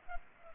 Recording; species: mosquito wingbeat signal from an infrared sensor; Culex pipiens